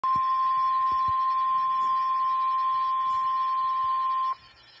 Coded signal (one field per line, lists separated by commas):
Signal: Emergency Alert System (SAME) tones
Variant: 1050 Hz attention tone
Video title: EAS #1,281 Online NOAA Weather Radio Severe T’storm Warning #8 5/9/24